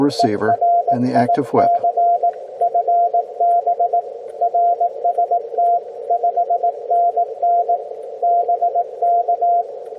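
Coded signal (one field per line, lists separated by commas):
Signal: Morse code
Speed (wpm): 18 wpm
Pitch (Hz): 690 Hz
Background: speech, radio noise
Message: ERIC FB RST 5NN BK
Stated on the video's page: Heard on a homebrew LowFER mobile receiver with an active whip antenna, mobile, on a cold, quiet band.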